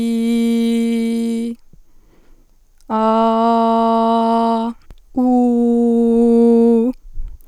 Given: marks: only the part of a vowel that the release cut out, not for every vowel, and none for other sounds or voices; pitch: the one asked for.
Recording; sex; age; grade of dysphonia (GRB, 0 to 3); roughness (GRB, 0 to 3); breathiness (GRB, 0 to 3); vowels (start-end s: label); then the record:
sustained vowels; female; 20 to 29 years; 0; 0; 0
0.00-1.36 s: vowel /i/, normal pitch
3.12-4.59 s: vowel /a/, normal pitch
5.35-6.74 s: vowel /u/, normal pitch
From the record:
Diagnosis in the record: healthy voice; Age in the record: 21 years